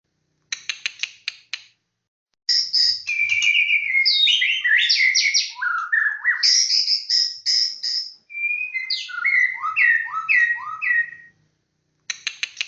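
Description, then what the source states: White-rumped shama singing a long, varied run of loud clear whistles, slurred and rising notes and repeated phrases, bracketed by short dry clicking rattles at start and end. Aceh.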